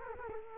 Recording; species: mosquito wingbeat signal from an infrared sensor; Culex quinquefasciatus